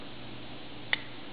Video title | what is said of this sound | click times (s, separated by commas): MagGuts Ruger LCP, Keltec P3AT, 6 to 7 Round Conversion Instructions_Split Follower.wmv | until it locks into place | 0.9 s